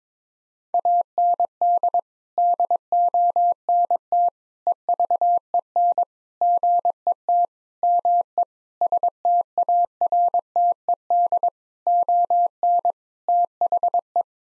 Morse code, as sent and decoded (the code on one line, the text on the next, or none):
.- -. -.. / -.. --- -. - / . ...- . -. / --. . - / -- . / ... - .- .-. - . -.. / --- -. / - .... .
AND DONT EVEN GET ME STARTED ON THE